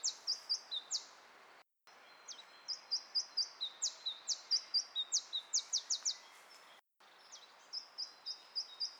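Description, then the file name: Iberian chiffchaff singing high thin notes, rapid series of chips and sliding whistles repeated in bursts, steady quiet hiss behind. "iberischer zilpzalp"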